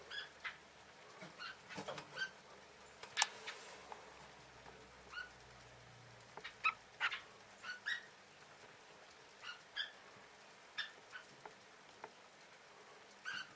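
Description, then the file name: Long-tailed finch calls, brief nasal chip notes given singly or in quick pairs at uneven intervals over a faint background hiss. "suara shafttailfinch omkicau"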